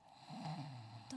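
A single low, rumbling, snore-like breath lasts about a second and ends in a short snort. It is an imitated snore by an adult performer, acted as deep sleep in a comedy skit, not real sleep breathing.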